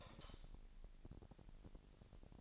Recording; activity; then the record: daily activity, microphone in the room; light off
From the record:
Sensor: 5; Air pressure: 1002.0 hPa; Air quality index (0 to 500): 235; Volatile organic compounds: 36 ppm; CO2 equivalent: 3071 ppm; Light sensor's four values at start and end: 16/39/16/17 and 16/37/15/17